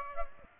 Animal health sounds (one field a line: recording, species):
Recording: mosquito wingbeat signal from an infrared sensor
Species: Aedes aegypti